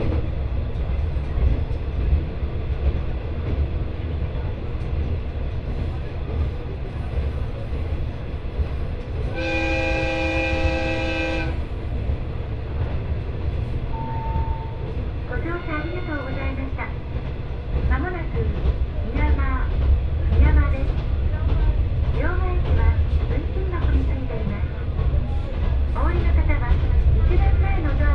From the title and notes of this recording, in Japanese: 耳で楽しむ鉄道旅 越美北線 計石→福井。越前大野からひと山越えた先にある計石からは、足羽川の支流に沿って進み、美山で足羽川と合流します。何度か足羽川を渡りながら一乗谷遺跡のある近くを通りつつ越前花堂で北陸本線に合流して福井を目指します。